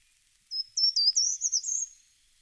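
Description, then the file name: Short-toed treecreeper song: a brief high, thin phrase of several quick notes, rising slightly in pitch. "Grimpereau des jardins"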